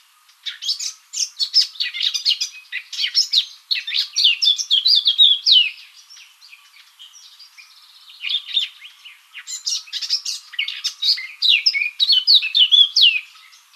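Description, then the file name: Eurasian blackcap singing two long, rapid phrases of varied chattering and scratchy warbled notes, separated by a short pause near the middle. "Sylvia atricapilla"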